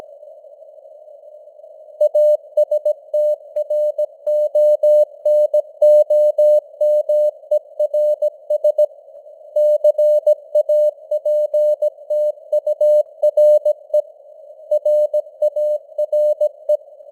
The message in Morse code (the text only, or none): ASTRONOMERS CAPTURE RARE